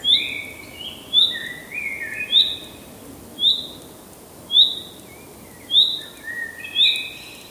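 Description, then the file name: Common chaffinch repeating a short high call note fairly steadily, with lower, longer chirps mixed in. "Fringilla coelebs"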